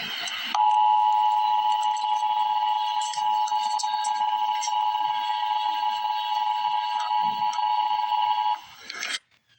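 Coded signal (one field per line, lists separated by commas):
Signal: Emergency Alert System (SAME) tones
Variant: 853 and 960 Hz attention tone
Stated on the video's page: Frost Advisory alert.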